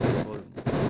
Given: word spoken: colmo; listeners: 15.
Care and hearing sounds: one Spanish word in noise, from a listening test; noise modulated by one talker; -7.5 dB; 0 of 15; 13 of 15; 0.49 s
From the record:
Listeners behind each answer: 13, 1, 1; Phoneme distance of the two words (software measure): 20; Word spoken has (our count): 2 syllables, 5 phonemes, stress on syllable 1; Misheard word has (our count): 2 syllables, 5 phonemes, stress on syllable 1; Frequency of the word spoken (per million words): 10.59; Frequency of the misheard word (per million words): 43.20

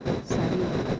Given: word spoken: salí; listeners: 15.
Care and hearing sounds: one Spanish word in noise, from a listening test; noise modulated by three-talker babble; -5.7 dB; 0 of 15; 6 of 15; 0.60 s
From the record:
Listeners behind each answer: 6, 3, 2, 1, 1, 1, 1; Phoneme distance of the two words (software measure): 7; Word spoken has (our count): 2 syllables, 4 phonemes, stress on syllable 2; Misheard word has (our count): 2 syllables, 5 phonemes, stress on syllable 2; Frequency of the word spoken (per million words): 13.03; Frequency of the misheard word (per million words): 147.13

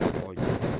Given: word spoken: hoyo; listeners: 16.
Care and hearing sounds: one Spanish word in noise, from a listening test; noise modulated by one talker; -12.4 dB; 1 of 16; 7 of 16; 0.40 s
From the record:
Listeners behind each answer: 7, 3, 2, 1, 1, 1, 1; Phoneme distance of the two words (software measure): 14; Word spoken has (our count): 2 syllables, 3 phonemes, stress on syllable 1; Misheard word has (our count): 3 syllables, 5 phonemes, stress on syllable 2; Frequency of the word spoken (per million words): 5.95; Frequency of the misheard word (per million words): 149.29

